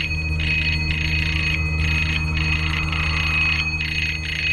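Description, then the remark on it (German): A doorbell is rung over and over in quick repeated bursts by a man who arrived in a green MG on Holland Park Avenue, heard through a walkie-talkie as a tinny, buzzing electronic tone over a steady hum of static. “Hörten wir ihn über unsere Walkie-Talkies die Klingel bearbeiten.”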